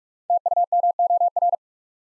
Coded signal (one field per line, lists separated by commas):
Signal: Morse code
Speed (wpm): 44 wpm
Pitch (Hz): 700 Hz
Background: none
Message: TUMOR